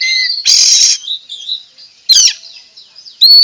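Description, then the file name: Oriental magpie-robin song: a clear whistle, then a loud harsh buzz, soft warbling, and another rasping burst with a final sharp note. Singing actively (gacor), with loud song phrases called tembakan; recorded at Tretes. "Tembakan Kacer Tretes Gacor"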